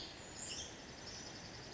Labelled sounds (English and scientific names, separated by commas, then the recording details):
Western Tanager (Piranga ludoviciana)
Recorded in Sonoma County, California